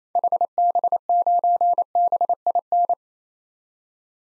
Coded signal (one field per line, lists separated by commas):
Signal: Morse code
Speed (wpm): 28 wpm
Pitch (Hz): 700 Hz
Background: none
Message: HB9BIN